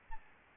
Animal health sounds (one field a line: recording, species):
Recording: mosquito wingbeat signal from an infrared sensor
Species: Aedes albopictus